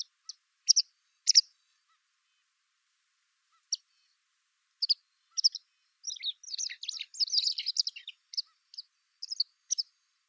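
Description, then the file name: White wagtail calls: sharp high chips scattered through the first half, then a dense run of twittering notes, ending with a few more single chips. "Motacilla alba"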